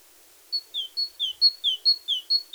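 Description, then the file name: Great tit singing a quick series of two-note phrases, each a high whistle followed by a lower slurred note, about ten notes in steady rhythm. "Parus major"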